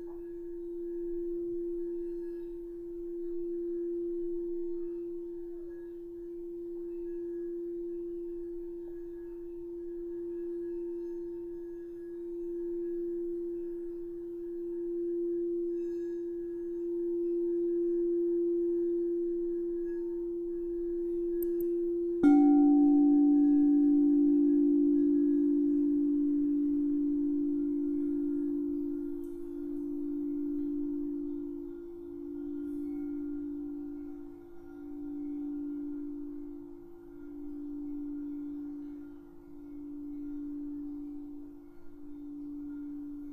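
Crystal singing bowls hum a steady pulsing tone, then a second bowl is struck around twenty-two seconds, its slightly lower tone wavering slowly.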